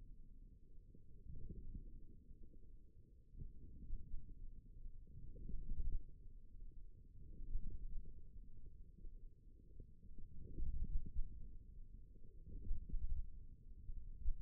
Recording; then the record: forearm muscle sounds (acoustic myography)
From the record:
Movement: forearm supination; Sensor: system 1, eight BSWA MPA416 microphones around the upper forearm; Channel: 4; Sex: male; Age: 28 years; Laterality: right